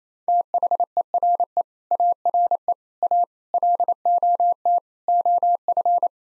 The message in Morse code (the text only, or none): THERE ARE A LOT OF